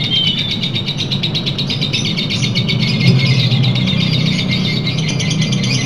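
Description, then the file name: Lovebird song as a sustained rapid trill, sharp high notes tumbling on and on without pause, backed by a low droning hum. Long trill, a song style known locally as ngekek panjang. "lovebird-ngekek-panjang-1-omkicau"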